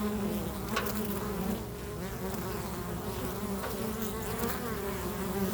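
Bees buzz in a continuous droning chorus, individual hums briefly rising above the mass, with scattered faint clicks.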